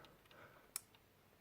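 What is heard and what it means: A memory card is pushed into the spring-loaded push-push slot on the side of a wildlife trail camera to release it. There is a faint fumbling sound, then a sharp click at 0.8 s as the card releases. Another sharp click follows at the very end of the clip.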